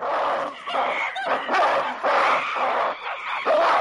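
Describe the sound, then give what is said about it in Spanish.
Two troops of apes grunt and shriek in a steady, overlapping clamor as they jump about and bare their teeth at each other across a pond, harsh barking calls and high squeals rising and falling in loud bursts with no pauses. “Las dos familias siguen saltando y gruñendo al tiempo que se enseñan los dientes, aunque sin contacto físico.”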